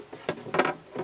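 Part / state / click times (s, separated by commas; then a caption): wooden door panel into notched slots of a chuck box / not seated / none. A wooden door panel taken off the back of a chuck box is tried in the box's notched slots the wrong way round. Two knocks of wood on wood are heard at 0.3 s and 0.5 s, with fainter rustling around them. The panel is put in wrong and nothing has seated or clicked yet.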